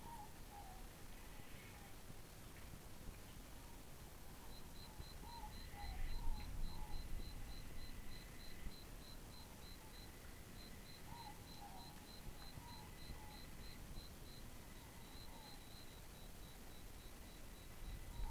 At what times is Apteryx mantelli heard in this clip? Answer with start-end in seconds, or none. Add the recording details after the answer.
none. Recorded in New Zealand on 11 December 2014. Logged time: 22:44. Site CF20